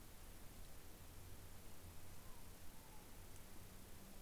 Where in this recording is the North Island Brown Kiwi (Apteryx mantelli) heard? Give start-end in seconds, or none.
none